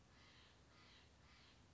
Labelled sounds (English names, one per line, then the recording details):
Steller's Jay
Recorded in Sonoma County, California